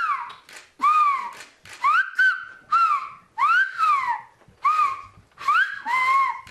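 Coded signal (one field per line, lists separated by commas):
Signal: whistled language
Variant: Aas whistled Occitan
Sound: clear whistled phrase of about eight gliding syllables, rising and falling pitch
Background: small room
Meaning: Paul brings the ball to Marco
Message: Au Paul porte le ballon à Marco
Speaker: Au Paul porte le ballon à Marco, et en français, au Paul porte le ballon à Marco.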